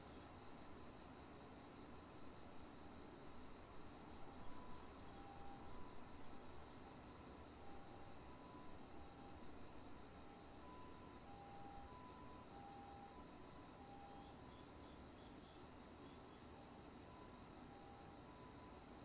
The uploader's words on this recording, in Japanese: これは秋虫？夜の庭の音。少しずつですが確実に秋の気配を感じます。